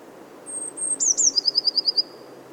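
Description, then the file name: Eurasian blue tit calling: a long thin high whistle, two sharp descending notes, then a rapid trill of clipped notes. "Cyanistes caeruleus"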